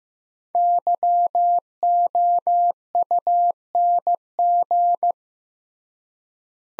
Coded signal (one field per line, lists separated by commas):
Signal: Morse code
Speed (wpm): 15 wpm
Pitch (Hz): 700 Hz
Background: none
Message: YOUNG